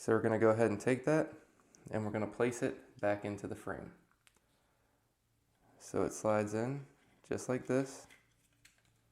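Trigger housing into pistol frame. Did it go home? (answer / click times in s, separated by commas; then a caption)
no / none. Someone talks while handling the metal trigger housing assembly of a Glock 19 Gen4, sliding it back into the polymer pistol frame. The clip ends before the part goes home, so nothing has seated or clicked yet.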